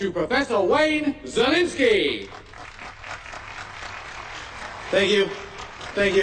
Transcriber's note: audience applauds